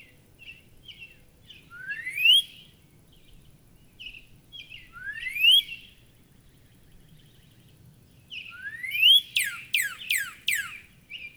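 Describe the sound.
Northern cardinal song: soft chips leading into rising whistled slurs, repeated three times, then four loud steep downslurred whistles in quick succession.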